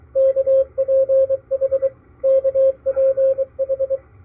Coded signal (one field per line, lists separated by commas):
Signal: Morse code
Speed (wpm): 23 wpm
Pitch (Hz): 540 Hz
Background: none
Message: KPH KPH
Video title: KPH San Francisco - MALAHITEAM DSP-2 sdr receiver 3-26-2022